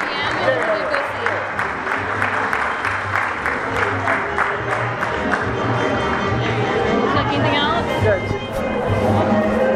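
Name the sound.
audience applause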